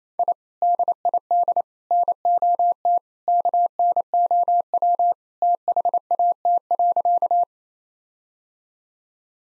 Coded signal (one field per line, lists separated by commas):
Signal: Morse code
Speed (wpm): 27 wpm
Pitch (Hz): 700 Hz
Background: none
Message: I DID NOT KNOW THAT.